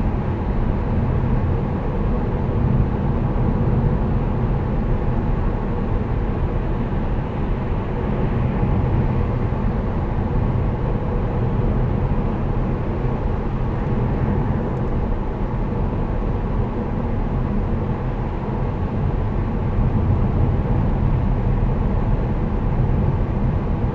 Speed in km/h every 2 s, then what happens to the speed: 91, 91, 90, 88, 87, 90, 89, 88, 88, 87, 86, 86.
0-24 steady at about 88.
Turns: none.